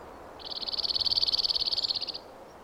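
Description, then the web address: Cirl bunting singing a flat, metallic rattle of quick repeated notes, steady in pitch, swelling slightly and lasting nearly two seconds against quiet background hiss. "birdify Emberiza cirlus"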